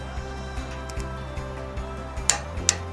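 A torque wrench set to 120 N·m tightens a steel bolt on the base of a moving lamppost. Music plays under faint ticking, then the wrench gives two sharp clicks at 2.3 s and 2.7 s. The bolt is confirmed tight at the set torque.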